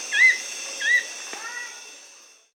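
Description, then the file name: Fulvous-chinned nunlet calls: two short whistled notes, each rising then falling, about 0.7 seconds apart. Recorded in Bolivia, Amazon region. "Fulvous-chinned Nunlet (Nonnula sclateri), Bolivia"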